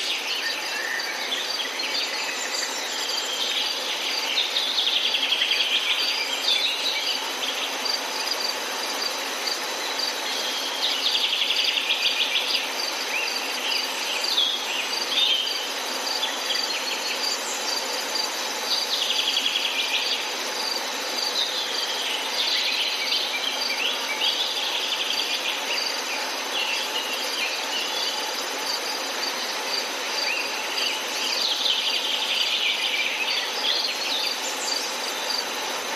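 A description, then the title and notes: A forest soundscape filled with a dense, steady chorus of insects and crickets, high and shimmering throughout. Brighter bursts of buzzing or calls rise and fade every few seconds, around 3, 12, 18, 22 and 32 seconds, over a constant low hiss. Sounds of nature. Live in forest.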